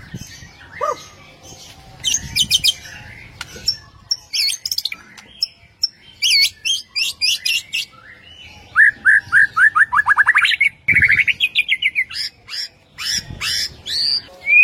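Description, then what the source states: White-rumped shama song with varied chattering phrases and a series of rising notes building into a trill. Masteran (training) track featuring full 'ngerol' and 'nembak' song styles.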